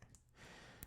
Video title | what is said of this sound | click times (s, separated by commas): Get Behind Paywalls - The Constitutionals Episode 267 | You hear that click? | 0.8 s